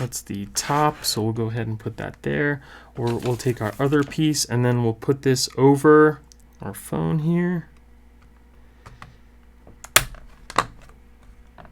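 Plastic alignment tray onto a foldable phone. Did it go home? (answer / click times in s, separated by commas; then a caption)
yes / 10.0 s. Someone talks, then presses the plastic alignment tray for a Whitestone Dome 2021 liquid-adhesive glass screen protector down over a Galaxy Z Fold 3 foldable phone; small ticks follow in the quiet. A sharp click at 10.0 s marks the tray locking into place, with pads on the tray that keep the liquid adhesive from running over the edges.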